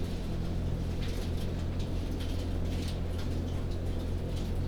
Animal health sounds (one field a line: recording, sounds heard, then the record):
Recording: poultry house recording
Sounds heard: no chicken sound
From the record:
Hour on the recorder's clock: 21